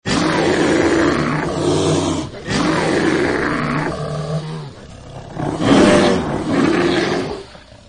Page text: Бурый медведь Рёв бурого медведя